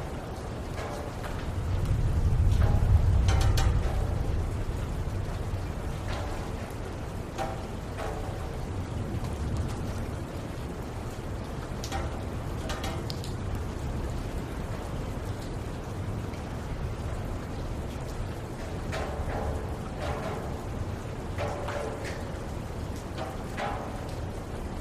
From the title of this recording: Soothing Rain Sounds